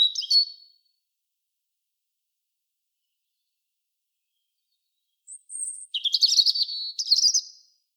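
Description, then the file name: European robin song: a brief high warble at the start, then after a long silence a thin high whistle leading into a rapid, tumbling phrase. "Erithacus rubecula"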